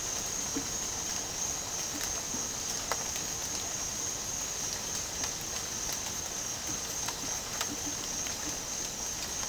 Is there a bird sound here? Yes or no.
no